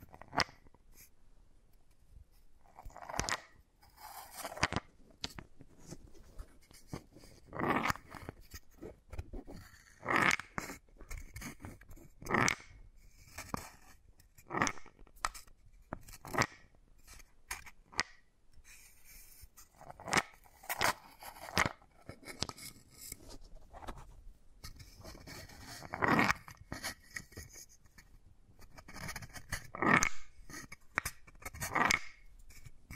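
Wooden balls knock and roll together in short clattering bursts, each a sharp crisp click followed by a brief rattle. The bursts come irregularly every second or two, with quiet gaps between, and a few louder clacks near 8, 10, 26 and 30 seconds.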